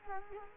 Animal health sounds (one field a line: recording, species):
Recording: mosquito wingbeat signal from an infrared sensor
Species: Culex quinquefasciatus